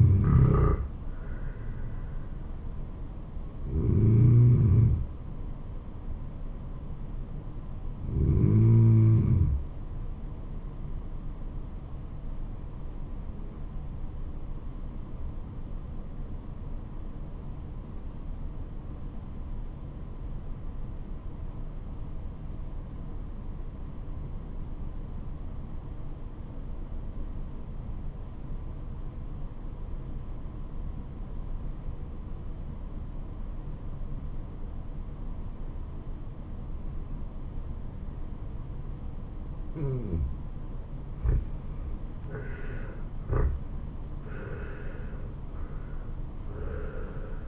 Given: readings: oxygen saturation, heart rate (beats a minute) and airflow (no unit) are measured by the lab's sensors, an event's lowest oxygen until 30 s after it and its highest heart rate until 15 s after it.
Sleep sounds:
breathing in sleep by a smartphone at the bedside; 1
16.00-43.10 s: obstructive apnea (N2, oxygen 96% highest, then 83% lowest, heart rate 71 at the start, 77 highest)
From the record:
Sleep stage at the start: N2 (light sleep); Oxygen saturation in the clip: 86 to 96%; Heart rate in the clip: 65 to 77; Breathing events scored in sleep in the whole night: 426 in 7.4 hours asleep

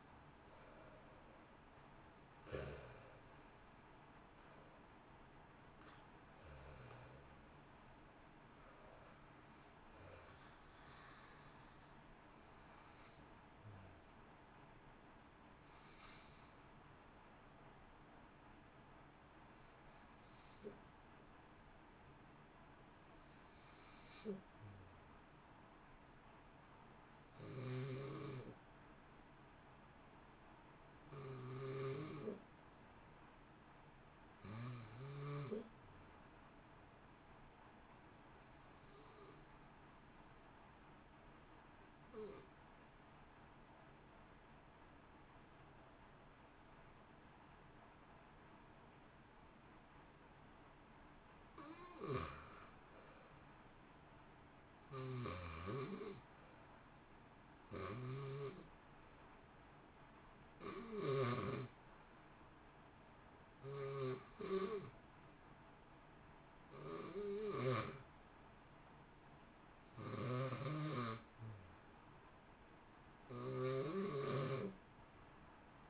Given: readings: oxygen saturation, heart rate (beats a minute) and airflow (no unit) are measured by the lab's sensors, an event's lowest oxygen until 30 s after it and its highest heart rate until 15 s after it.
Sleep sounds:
breathing in sleep by a voice recorder at the bedside; 1
36.00-61.40 s: hypopnea (REM, oxygen 95% highest, then 86% lowest, heart rate 59 at the start, 65 highest)
From the record:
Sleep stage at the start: REM sleep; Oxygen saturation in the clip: 83 to 95%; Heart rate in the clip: 58 to 68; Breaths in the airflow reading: 26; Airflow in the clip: -1.1 to 1.8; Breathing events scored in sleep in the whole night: 328 in 6.3 hours asleep

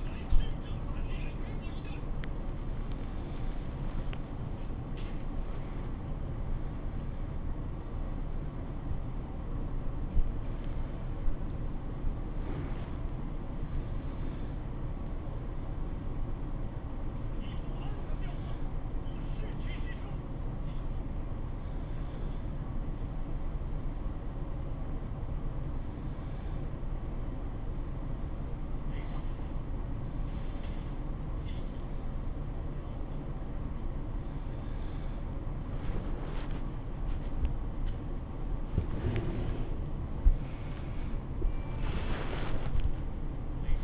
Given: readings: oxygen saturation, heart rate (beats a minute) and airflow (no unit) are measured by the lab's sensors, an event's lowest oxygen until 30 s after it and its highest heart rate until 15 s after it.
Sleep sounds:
a person awake in a sleep study, by a smartphone at the bedside; none
0.00-43.84 s: awake
From the record:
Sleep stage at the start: awake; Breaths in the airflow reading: 14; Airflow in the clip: -0.6 to 0.7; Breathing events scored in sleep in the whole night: 403 in 5.5 hours asleep

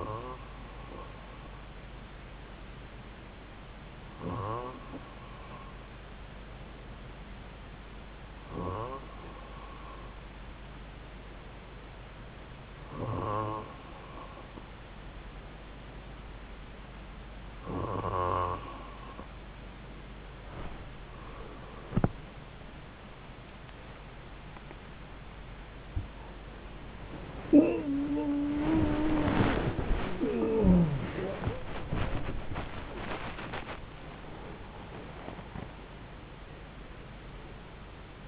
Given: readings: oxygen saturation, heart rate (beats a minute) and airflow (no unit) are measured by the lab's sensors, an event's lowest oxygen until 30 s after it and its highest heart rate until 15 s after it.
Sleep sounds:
breathing in sleep by a voice recorder at the bedside; 1
8.00-32.80 s: hypopnea (N2, oxygen 95% highest, then 95% lowest)
14.00-38.28 s: new sleep stage, N1 (lightest sleep)
From the record:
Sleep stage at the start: N2 (light sleep); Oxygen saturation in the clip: 94 to 95%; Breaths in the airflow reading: 8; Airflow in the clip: -10.2 to 8.5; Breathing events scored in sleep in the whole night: 270 in 6.1 hours asleep

